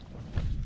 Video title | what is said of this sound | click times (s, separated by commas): MOUNTAIN SUMMIT CAMP - Swirl How Lake District UK - MY BACKPACK KIT - Solo Wild Camping with a Dog | it clicks into place | 0.4 s